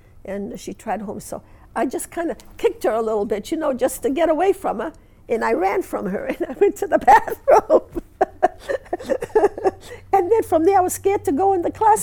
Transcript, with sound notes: And she tried to hold me, so I just kind of kicked her a little bit, you know, just to get away from her, and I ran from here, and I went to the bathroom. ( she laughs ) And then from there I was scared to go in the class.